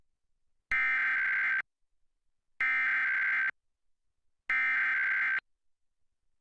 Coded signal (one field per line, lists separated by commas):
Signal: Emergency Alert System (SAME) tones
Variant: header bursts